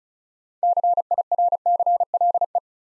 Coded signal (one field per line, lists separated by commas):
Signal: Morse code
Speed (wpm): 36 wpm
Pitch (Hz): 700 Hz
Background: none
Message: CIRCLE